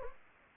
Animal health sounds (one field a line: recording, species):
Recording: mosquito wingbeat signal from an infrared sensor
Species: Anopheles gambiae